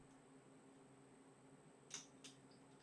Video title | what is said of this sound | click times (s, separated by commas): Yamaha QT50 basic repairs with full audio take 2 | it here click there you go that means you've reached whatever torque spec you've dialed up on that branch | 1.9 s